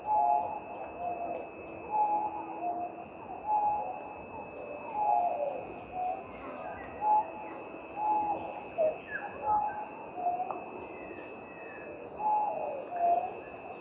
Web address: Pin tailed Green Pigeon Treron apicauda. pin tailed green pigeon call